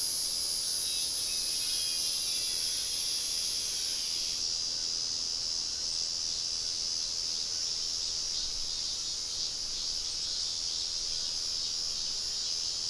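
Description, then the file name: Insect chorus of continuous shrill high buzzing, dense and unbroken throughout. "mainly insect"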